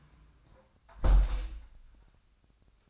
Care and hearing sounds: daily activity, microphone in the room; close window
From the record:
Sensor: 2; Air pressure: 1004.5 hPa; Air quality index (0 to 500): 107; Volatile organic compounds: 2 ppm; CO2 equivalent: 1290 ppm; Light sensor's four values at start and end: 6/14/5/6 and 6/14/5/5

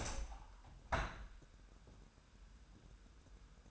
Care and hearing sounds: daily activity, microphone in the room; open window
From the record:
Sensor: 2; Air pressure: 999.9 hPa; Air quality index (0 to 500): 227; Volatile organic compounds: 58 ppm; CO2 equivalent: 3390 ppm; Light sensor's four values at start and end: 8/19/8/8 and 8/20/8/8

